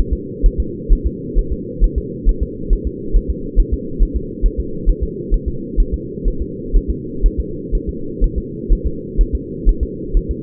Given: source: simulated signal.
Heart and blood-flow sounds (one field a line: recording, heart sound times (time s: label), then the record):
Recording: fetal heart sounds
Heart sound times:
0.13 s: S2
0.46 s: S1
0.60 s: S2
0.93 s: S1
1.06 s: S2
1.38 s: S1
1.53 s: S2
1.84 s: S1
1.98 s: S2
2.29 s: S1
2.43 s: S2
2.73 s: S1
2.87 s: S2
3.16 s: S1
3.30 s: S2
3.60 s: S1
3.73 s: S2
4.03 s: S1
4.16 s: S2
4.46 s: S1
4.60 s: S2
4.89 s: S1
5.03 s: S2
5.34 s: S1
5.48 s: S2
5.80 s: S1
5.94 s: S2
6.28 s: S1
6.42 s: S2
6.76 s: S1
6.90 s: S2
7.26 s: S1
7.40 s: S2
7.75 s: S1
7.89 s: S2
8.24 s: S1
8.38 s: S2
8.73 s: S1
8.87 s: S2
9.21 s: S1
9.35 s: S2
9.69 s: S1
9.83 s: S2
10.17 s: S1
10.31 s: S2
From the record:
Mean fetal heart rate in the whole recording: 130 bpm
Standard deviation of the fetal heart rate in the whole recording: 4 bpm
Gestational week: 38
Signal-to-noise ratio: -4.3 dB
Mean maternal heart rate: 72 bpm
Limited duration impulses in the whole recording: absent